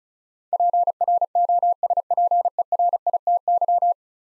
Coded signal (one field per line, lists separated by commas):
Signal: Morse code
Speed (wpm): 36 wpm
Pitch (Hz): 700 Hz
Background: none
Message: PROSPERITY